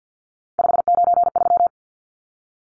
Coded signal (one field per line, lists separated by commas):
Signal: Morse code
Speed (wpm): 50 wpm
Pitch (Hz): 700 Hz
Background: none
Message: 593